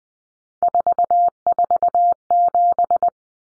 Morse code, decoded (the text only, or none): 447